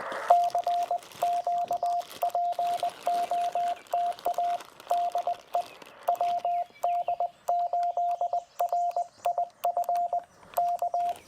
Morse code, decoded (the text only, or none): CQ POTA DE WD8RIF K